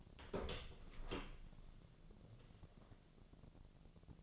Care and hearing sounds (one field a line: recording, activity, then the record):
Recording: daily activity, microphone in the room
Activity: open door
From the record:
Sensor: 4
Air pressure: 1001.3 hPa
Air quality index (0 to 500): 184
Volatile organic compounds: 2 ppm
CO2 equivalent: 1312 ppm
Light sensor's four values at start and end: 16/37/15/15 and 14/33/13/14